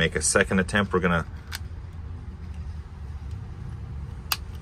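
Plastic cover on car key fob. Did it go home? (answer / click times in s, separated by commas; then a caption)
yes / 1.6 s, 4.3 s. Someone talks while refitting the plastic cover on a Ford key remote after a battery install, making a second attempt after the first did not seat. Two sharp plastic clicks follow at 1.6 s and 4.3 s over a low background hum, and the cover clips fully home and is sealed.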